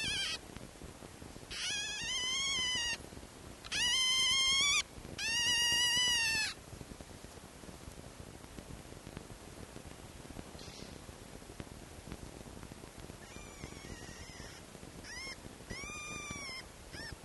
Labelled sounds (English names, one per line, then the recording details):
Red Fox
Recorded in captivity
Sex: diverse
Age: juvenile
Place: Zoologisches Institut der HUB, Berlin, DE
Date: 1955-04-22 12:30
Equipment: Elmetra
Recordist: Tembrock, Günter
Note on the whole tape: Band F 213-b: Zenzi-Welpen: verschiedene Welpen zusammen und einzeln quärrend (liegen auf dem Tisch). Achtung technische Probleme: Störimpulse